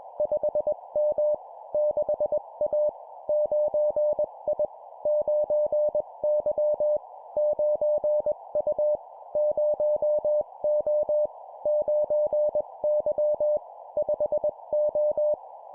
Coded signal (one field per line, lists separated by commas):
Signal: Morse code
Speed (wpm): 21 wpm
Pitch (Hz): 600 Hz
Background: none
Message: 5M 6A 9I 9Y 9U 0O 9Y 5O